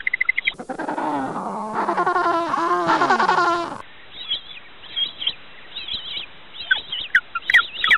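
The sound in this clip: Penguin calls: harsh, harmonic braying notes in a rising and falling series for about three seconds, followed by short, high, repeated chirping notes.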